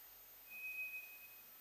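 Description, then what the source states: White's thrush giving a single long, even whistle at a high steady pitch, thin and pure, tailing away gently against faint hiss. Recorded 2 July 2007.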